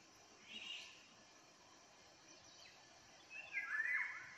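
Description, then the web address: Eurasian jay song: a short breathy note, a pause, then a louder slurred, descending phrase at the end. "geai chant"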